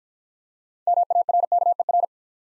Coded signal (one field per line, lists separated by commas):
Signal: Morse code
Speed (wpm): 50 wpm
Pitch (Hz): 700 Hz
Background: none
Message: MARKER